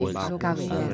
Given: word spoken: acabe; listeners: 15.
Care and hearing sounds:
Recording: one Spanish word in noise, from a listening test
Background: four-talker babble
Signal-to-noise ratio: 0.7 dB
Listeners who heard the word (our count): 1 of 15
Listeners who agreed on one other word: 7 of 15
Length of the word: 0.54 s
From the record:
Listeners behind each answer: 7, 3, 1, 1, 1, 1, 1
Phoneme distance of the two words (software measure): 7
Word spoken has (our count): 3 syllables, 5 phonemes, stress on syllable 2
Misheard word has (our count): 2 syllables, 4 phonemes, stress on syllable 1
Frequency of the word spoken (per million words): 7.70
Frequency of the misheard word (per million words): 68.76

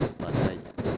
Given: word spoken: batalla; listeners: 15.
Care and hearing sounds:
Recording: one Spanish word in noise, from a listening test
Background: noise modulated by one talker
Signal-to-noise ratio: -8.8 dB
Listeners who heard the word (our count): 4 of 15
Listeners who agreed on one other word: 7 of 15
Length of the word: 0.57 s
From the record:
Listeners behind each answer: 7, 4, 2, 1, 1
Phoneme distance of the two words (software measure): 17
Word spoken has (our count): 3 syllables, 6 phonemes, stress on syllable 2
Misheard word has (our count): 3 syllables, 7 phonemes, stress on syllable 2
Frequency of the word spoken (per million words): 48.44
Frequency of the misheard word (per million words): 43.57

